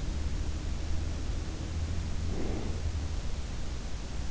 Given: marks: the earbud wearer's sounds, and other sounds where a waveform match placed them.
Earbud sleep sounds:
sounds in sleep by an in-ear microphone; breath
1.07-3.31 s: breath

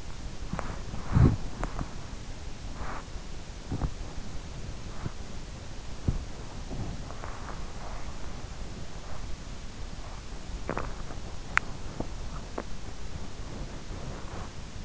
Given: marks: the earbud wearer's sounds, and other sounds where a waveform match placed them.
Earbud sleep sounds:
sounds in sleep by an in-ear microphone; body movement, swallowing
0.00-14.85 s: body movement
10.10-12.80 s: swallowing

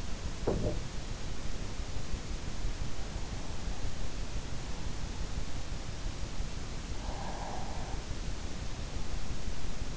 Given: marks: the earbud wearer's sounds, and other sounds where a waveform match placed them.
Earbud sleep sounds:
sounds in sleep by an in-ear microphone; teeth grinding, breath
0.00-1.08 s: teeth grinding
6.96-8.22 s: breath

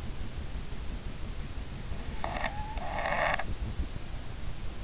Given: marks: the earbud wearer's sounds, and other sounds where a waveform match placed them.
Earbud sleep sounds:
sounds in sleep by an in-ear microphone; snoring breath
1.94-3.53 s: snoring breath

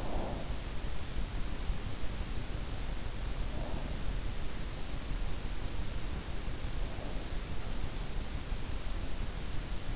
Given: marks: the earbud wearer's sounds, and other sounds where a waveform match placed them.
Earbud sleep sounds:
sounds in sleep by an in-ear microphone; breath
0.00-0.57 s: breath

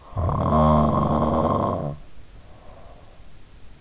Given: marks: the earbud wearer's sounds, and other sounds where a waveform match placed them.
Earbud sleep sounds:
sounds in sleep by an in-ear microphone; snoring breath
0.23-3.20 s: snoring breath

